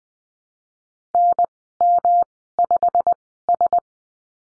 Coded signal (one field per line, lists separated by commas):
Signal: Morse code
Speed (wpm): 19 wpm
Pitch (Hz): 700 Hz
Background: none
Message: NM5S